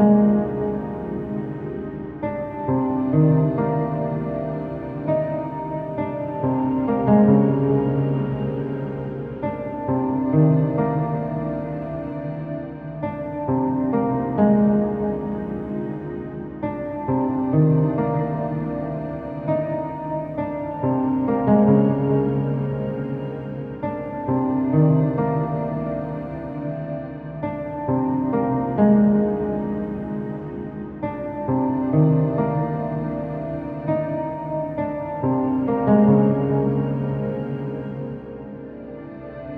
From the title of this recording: Save Room - PS1 Survival Horror Ambience